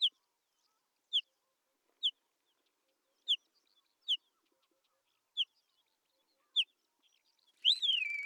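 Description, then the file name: Isabelline wheatear giving short, sharp single notes about once a second, ending with a louder, descending whistled phrase. Recorded at Telmen Nuur. "isawheat-1 telmen-nuur"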